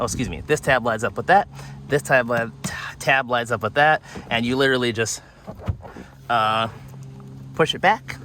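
A plastic interior trim panel in a car's footwell area is lined up by its tabs and pushed back toward the dashboard while someone talks. Soft handling noises are heard between the speech, but the clip ends before the panel goes home, so nothing has seated or clicked yet.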